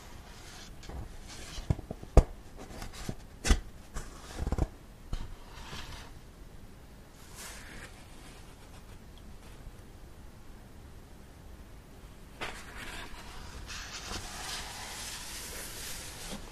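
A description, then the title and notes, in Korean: Pages of a book being turned. Sharp papery flicks and thumps cluster in the first six seconds, around 2 and 3.5 seconds especially, then a quieter stretch of soft rustling follows. From about 12 seconds a longer, brighter sweep of paper sliding carries to the end. 책을 넘기는 소리.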